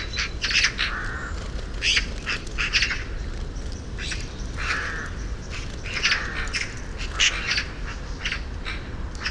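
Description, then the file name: Eurasian magpie uttering grating, squawky calls in short clusters every second or two, rough and scratchy, with a constant low background rumble. "Pica pica"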